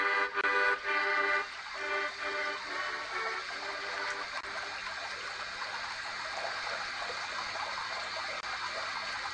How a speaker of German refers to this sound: Jetzt kann ich auch den Wasserhahn zudrehen. Jawohl, der See ist, glaube ich, groß genug. So. Der Wasserhahn, den muss man auch mal wieder ölen, glaube ich. Der geht ganz schwer zu.